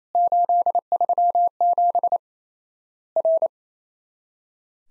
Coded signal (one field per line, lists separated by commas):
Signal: Morse code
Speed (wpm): 27 wpm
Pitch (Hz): 700 Hz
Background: none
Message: 837 R